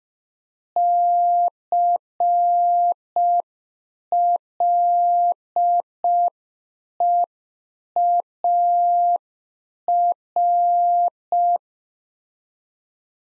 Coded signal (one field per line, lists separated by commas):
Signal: Morse code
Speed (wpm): 5 wpm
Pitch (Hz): 700 Hz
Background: none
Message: CLEAR